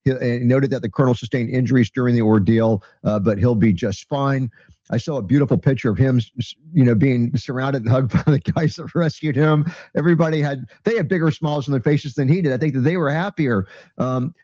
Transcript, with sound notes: noted that the colonel sustained injuries during the ordeal, uh, but he'll be just fine. I saw a beautiful picture of him s- s- you know, being surrounded and hugged by the (laughs) guys that rescued him. Everybody had... They had bigger smiles on their faces than he did. I think that they were happier.